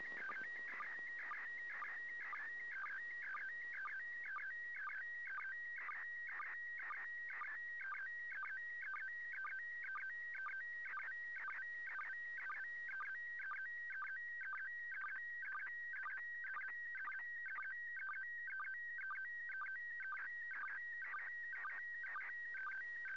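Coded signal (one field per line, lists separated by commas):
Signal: SSTV (slow-scan television)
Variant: PD120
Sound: continuous warbling tones switching between two pitches, with short low chirps twice a second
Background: radio static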